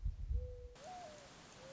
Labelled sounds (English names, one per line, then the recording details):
Mourning Dove
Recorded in Sonoma County, California